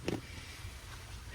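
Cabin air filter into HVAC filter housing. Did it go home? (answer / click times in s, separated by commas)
yes / 0.1 s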